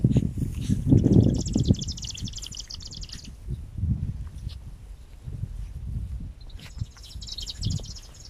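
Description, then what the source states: Marsh grassbird song in two bouts of fast, dry, repeated high notes, the first over two seconds long, the second shorter, with low rumbling and rustling beneath. Recorded 14 March 2020.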